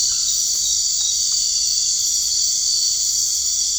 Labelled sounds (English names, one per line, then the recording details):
none
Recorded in dense forest near Puerto Asís, Putumayo, Colombia, on 21 March 2025 at 19:00
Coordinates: 0.485, -76.318
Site G056